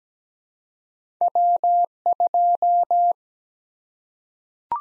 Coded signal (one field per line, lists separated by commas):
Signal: Morse code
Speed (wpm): 17 wpm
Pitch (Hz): 700 Hz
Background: none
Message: W2